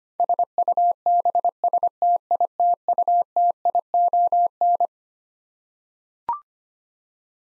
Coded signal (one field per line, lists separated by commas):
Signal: Morse code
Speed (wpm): 25 wpm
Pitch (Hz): 700 Hz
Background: none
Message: SUBSTITUTION